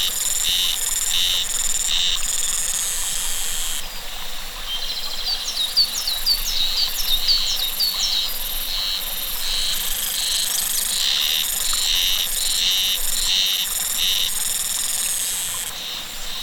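Cicadas give a long chorus of pulsed, metallic buzzing. A quieter stretch in the middle carries quick chirping calls before the buzzing returns.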